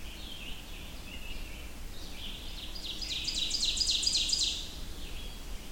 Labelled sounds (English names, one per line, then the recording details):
Ovenbird song
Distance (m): 30 m
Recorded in boreal forest in Alberta, Canada, on 25 June 2016 at 05:25
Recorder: SongMeter 3, array SBT-6-76
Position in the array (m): 28 m, 105 m
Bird 2